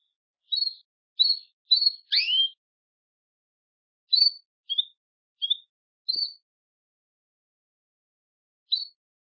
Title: Canario Belga